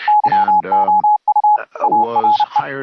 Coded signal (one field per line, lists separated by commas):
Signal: Morse code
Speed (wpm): 31 wpm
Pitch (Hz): 840 Hz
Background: speech, radio noise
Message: YOU ARE